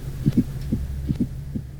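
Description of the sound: Low, dull adult heart thumps recur, with an extra soft sound falling just before the first heart sound and interrupting the usual cadence, like a stone skipping, giving a 'Ten-nes-see' gallop rhythm. This is a fourth heart sound (S4 gallop), an abnormal finding. A brief voice cuts in at the end.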